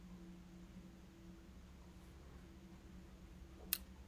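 The metal cap of a Lamy Lx fountain pen in Palladium is pushed onto the back end of its barrel to post it. After a quiet stretch with a low steady hum, a single sharp, bright click sounds at 3.7 s as the cap snaps into place. The cap is seated.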